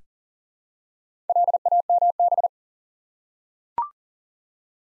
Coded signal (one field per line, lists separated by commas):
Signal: Morse code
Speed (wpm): 42 wpm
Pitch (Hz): 700 Hz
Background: none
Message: LAMB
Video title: Easy Words with Hints - 40wpm